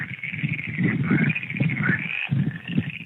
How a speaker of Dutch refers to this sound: Waar ik hier bij een heel erg mooi orkest, of laten we het cacophonie noemen, van kikkers. Hoort u maar.